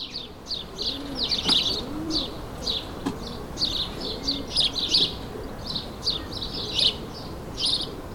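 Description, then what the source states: Sparrows chirping busily, overlapping short high notes in quick succession, with low cooing sounds faintly below. Sparrows recorded in suburban ambient surroundings, May 2022.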